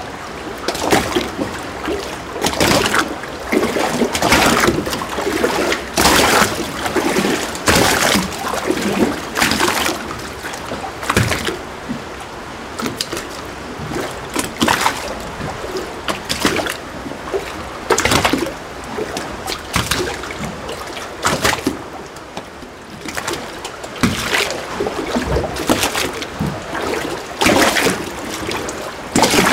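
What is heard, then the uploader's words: Small waves lap against a docked boat in a boathouse, each slap and splash arriving about once a second in an uneven rhythm. Between the hits, water sloshes and trickles steadily, with a hollow, enclosed quality. In this episode, you can listen to the tranquil sounds of waves gently lapping against a boat docked in a boathouse. Waves Against a Boat.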